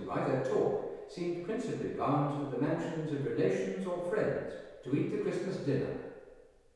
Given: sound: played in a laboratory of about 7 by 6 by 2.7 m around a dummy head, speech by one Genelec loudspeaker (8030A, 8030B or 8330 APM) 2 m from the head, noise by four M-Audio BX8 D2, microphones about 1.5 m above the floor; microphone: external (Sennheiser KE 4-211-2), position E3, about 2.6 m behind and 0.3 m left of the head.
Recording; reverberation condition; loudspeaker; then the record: male speech in English; high; in front (0 degrees)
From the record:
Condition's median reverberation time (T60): about 1300 ms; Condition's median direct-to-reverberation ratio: about -4.0 dB